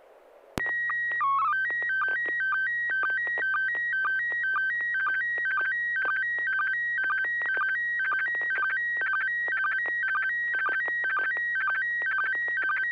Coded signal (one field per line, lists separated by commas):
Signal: SSTV (slow-scan television)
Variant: PD 120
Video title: N6NA SSTV Net - 02/04/2026